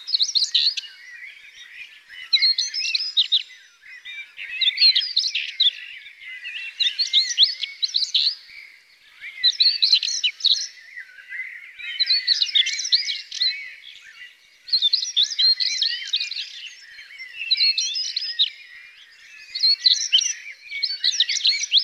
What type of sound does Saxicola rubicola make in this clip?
song